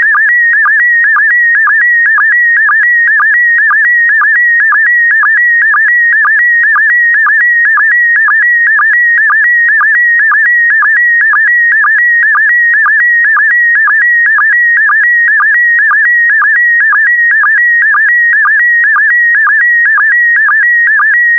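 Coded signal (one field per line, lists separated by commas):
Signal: SSTV (slow-scan television)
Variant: PD120 mode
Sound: steady warbling whistle near 2 kHz with rhythmic low chirps about twice a second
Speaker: get ready starting transmission in 5 4 3 2 1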